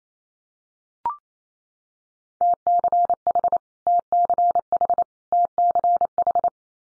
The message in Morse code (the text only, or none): TCH TCH TCH